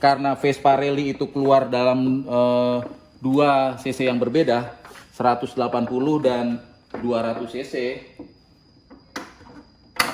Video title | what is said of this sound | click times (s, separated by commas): Vespa Rally 200 cc. | Ini masukin dulu sampai klik gitu. | 10.0 s